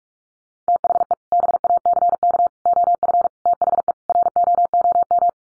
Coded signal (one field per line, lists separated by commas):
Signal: Morse code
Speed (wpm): 44 wpm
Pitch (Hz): 700 Hz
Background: none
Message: THE BACK OF THE ROOM